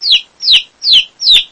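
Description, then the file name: Chick peeping: four loud, high, downward-sliding chirps with clean silence between. "pintinho"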